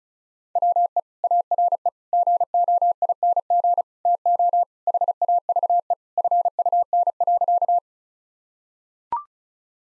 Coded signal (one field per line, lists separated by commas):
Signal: Morse code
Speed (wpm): 36 wpm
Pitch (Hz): 700 Hz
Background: none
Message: WE ARE GOING TO HAVE FUN.